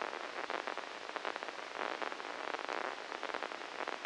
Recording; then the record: brain microelectrode recording played as sound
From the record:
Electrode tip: inside the subthalamic nucleus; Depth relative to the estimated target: -3 mm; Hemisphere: left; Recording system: NeuroSet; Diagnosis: Parkinson's disease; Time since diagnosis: 9 years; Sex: female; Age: 51 years